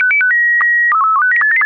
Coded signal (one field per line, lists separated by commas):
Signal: SSTV (slow-scan television)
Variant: Robot 24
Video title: Daily Minutes, December 21, 2015, without the Contestia.